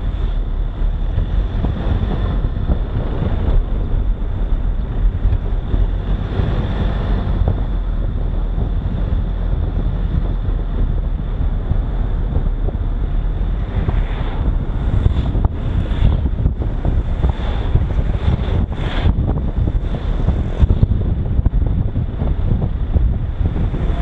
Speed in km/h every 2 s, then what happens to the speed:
33, 33, 34, 37, 39, 38, 38, 37, 36, 35, 36, 34.
0-8 speeds up to 39. 8-24 steady at about 36.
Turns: none.